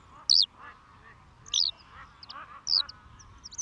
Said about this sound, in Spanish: A pocos metros, en un majano, silba una alondra.